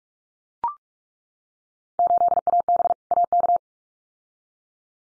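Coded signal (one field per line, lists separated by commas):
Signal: Morse code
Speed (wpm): 44 wpm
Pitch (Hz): 700 Hz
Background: none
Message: 8AB AK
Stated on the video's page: Field Day exchange head-copy drill at 45 wpm, randomly selected exchanges, each sent in Morse, spoken, then sent again.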